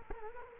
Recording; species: mosquito wingbeat signal from an infrared sensor; Culex quinquefasciatus